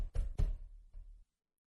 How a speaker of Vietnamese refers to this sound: tiếng gõ cửa và gọi tên hắn ngoài kia cũng càng lúc càng dồn dập.